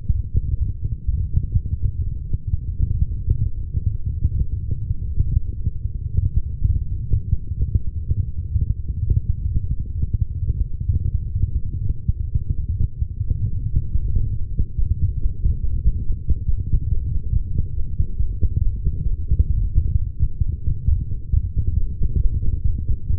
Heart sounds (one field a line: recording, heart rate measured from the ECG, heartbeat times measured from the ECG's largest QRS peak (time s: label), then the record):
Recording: heart sounds by stethoscope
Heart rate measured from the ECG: 131 bpm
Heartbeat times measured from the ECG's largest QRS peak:
0.13 s: heartbeat
0.59 s: heartbeat
1.06 s: heartbeat
1.52 s: heartbeat
1.98 s: heartbeat
2.45 s: heartbeat
2.92 s: heartbeat
3.38 s: heartbeat
3.85 s: heartbeat
4.33 s: heartbeat
4.79 s: heartbeat
5.26 s: heartbeat
5.73 s: heartbeat
6.20 s: heartbeat
6.67 s: heartbeat
7.13 s: heartbeat
7.59 s: heartbeat
8.06 s: heartbeat
8.53 s: heartbeat
9.00 s: heartbeat
9.46 s: heartbeat
9.93 s: heartbeat
10.40 s: heartbeat
10.86 s: heartbeat
11.33 s: heartbeat
11.79 s: heartbeat
12.25 s: heartbeat
12.72 s: heartbeat
13.18 s: heartbeat
13.64 s: heartbeat
14.09 s: heartbeat
14.56 s: heartbeat
15.01 s: heartbeat
15.48 s: heartbeat
15.93 s: heartbeat
16.39 s: heartbeat
16.84 s: heartbeat
17.30 s: heartbeat
17.75 s: heartbeat
18.20 s: heartbeat
18.65 s: heartbeat
19.10 s: heartbeat
19.55 s: heartbeat
19.99 s: heartbeat
20.44 s: heartbeat
20.89 s: heartbeat
21.34 s: heartbeat
21.78 s: heartbeat
22.22 s: heartbeat
22.66 s: heartbeat
23.10 s: heartbeat
From the record:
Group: healthy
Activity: light exercise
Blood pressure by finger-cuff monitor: 158/80 mmHg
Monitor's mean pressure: 103 mmHg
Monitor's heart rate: 130 bpm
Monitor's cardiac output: 15.3 L/min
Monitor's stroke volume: 116 mL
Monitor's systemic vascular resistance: 480 dyn s/cm5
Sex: female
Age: 43 years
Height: 160 cm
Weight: 90 kg